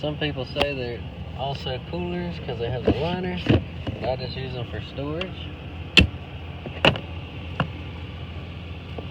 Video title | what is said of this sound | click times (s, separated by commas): 2020 Ram 3500 review part 3 | mat snaps right back in place and stay still | 7.6 s